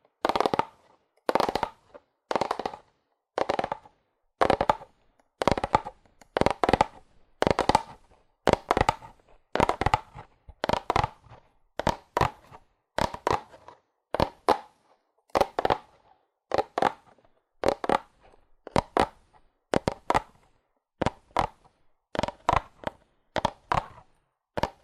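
Fast, aggressive tapping on cardboard comes in short bursts of rapid hits, roughly two or three clusters per second, across the whole 25 seconds. Each burst is a dense, papery rattle centered in the midrange, separated by brief silences, with no other sounds behind it.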